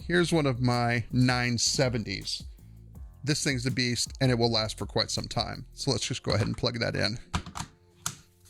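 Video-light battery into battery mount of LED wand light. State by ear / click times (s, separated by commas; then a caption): seated / 8.1 s. Someone talks while a large NP-F970-style lithium battery is slid into the battery plate on the back of a Soonpho P20 RGB LED wand light, with faint contact sounds around 7.5 and 7.6 seconds. The battery clicks into place at 8.1 seconds with a sharp snap and then holds very firmly without moving, locked in until a push button is pressed to release it.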